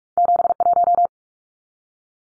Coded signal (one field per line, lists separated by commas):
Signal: Morse code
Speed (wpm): 44 wpm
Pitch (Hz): 700 Hz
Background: none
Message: 71